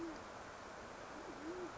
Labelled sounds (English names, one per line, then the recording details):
Band-tailed Pigeon
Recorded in Sonoma County, California